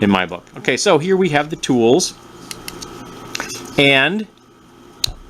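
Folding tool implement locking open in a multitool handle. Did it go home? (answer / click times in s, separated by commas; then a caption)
yes / 5.0 s. Someone talks while handling a Leatherman Rebar metal multitool, with a few faint light ticks between 2.5 and 3.4 seconds. A folding tool is swung open in the multitool handle, and its lock engages with a sharp click at 5.0 seconds, locking the tool in place.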